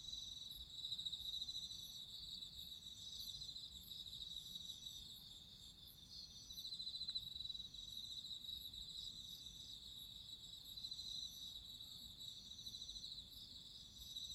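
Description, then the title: Several crickets chirp and trill together in a constant high chorus that swells and eases. Crickets singing at midnight. "Listen to nature crickets singing at midnight"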